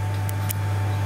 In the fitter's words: going to make sure it really clicks into place